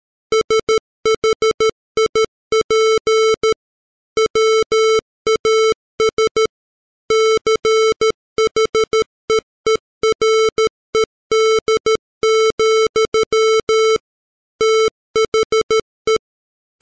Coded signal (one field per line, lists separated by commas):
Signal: Morse code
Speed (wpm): 13 wpm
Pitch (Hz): 440 Hz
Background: music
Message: SHIP WAS CHEERED, THE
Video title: The Rime Of The Ancient Mariner, Part 2, Morse Code